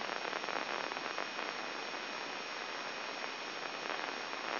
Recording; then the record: brain microelectrode recording played as sound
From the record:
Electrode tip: inside the subthalamic nucleus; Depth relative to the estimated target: -2 mm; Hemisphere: left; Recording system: AlphaMap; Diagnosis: Parkinson's disease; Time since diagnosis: 7 years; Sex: male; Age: 59 years